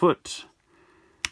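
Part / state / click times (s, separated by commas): rotating leg/foot section of a plastic transforming figure, into its locked position on the body / seated / 1.2 s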